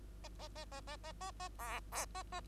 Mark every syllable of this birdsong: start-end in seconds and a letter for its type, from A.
0.23-0.29 A, 0.39-0.48 A, 0.55-0.65 A, 0.71-0.81 A, 0.87-0.97 A, 1.03-1.12 A, 1.21-1.31 A, 1.40-1.49 A, 1.58-1.80 B, 1.92-2.05 B, 2.14-2.23 A, 2.32-2.41 A